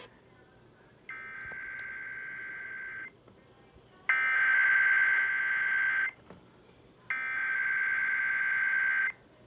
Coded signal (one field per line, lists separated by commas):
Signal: Emergency Alert System (SAME) tones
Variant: header bursts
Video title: (EAS 396) Child Abduction Emergency